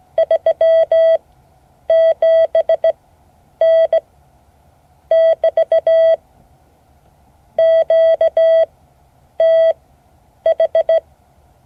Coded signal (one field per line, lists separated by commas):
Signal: Morse code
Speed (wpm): 17 wpm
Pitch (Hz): 650 Hz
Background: none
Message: 37N <BT> QTH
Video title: Morse code class 2024-08-15 (12 of 12)